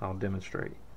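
Someone talks briefly while handling the steel straight-pull bolt of a surplus Swiss K31 rifle, which rotates and locks into the receiver when pushed forward. The bolt has not yet gone home; nothing has seated or clicked.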